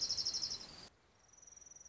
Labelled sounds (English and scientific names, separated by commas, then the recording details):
Orange-crowned Warbler (Leiothlypis celata)
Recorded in Sonoma County, California